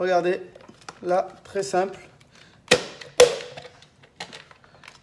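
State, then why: Seated. Someone talks while reassembling a Dyson V8 cordless stick vacuum, pushing the plastic bin/cyclone part onto its notches on the vacuum body. Two sharp plastic clicks ring out at 2.7 s and 3.2 s, followed by fainter taps. The part clips into place and is seated.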